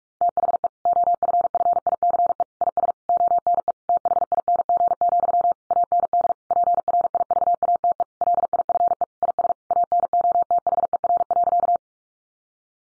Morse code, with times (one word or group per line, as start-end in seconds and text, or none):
0.2-0.7 THE
0.9-2.4 OFFICE
2.6-2.9 IS
3.1-3.7 ONE
3.9-5.5 THING,
5.7-6.3 AND
6.5-8.0 PRIVATE
8.2-9.0 LIFE
9.2-9.5 IS
9.7-11.8 ANOTHER.